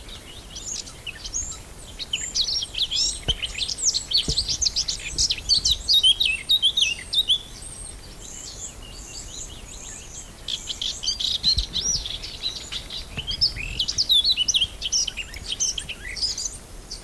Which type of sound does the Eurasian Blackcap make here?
song